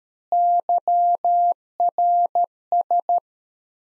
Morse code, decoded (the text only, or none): YRS